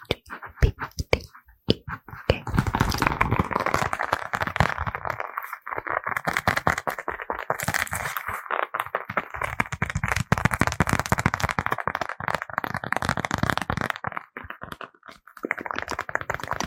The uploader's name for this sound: FAST AND AGGRESSIVE ASMR(with Mouth Sounds)